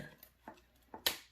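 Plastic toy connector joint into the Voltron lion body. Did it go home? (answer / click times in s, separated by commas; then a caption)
yes / 1.1 s. A plastic LEGO Voltron combining joint is pushed home into the Voltron lion body after several tries. Faint knocks at about 0.2, 0.5 and 0.9 seconds lead up to a loud, sharp click at 1.1 seconds. The joint seats into place.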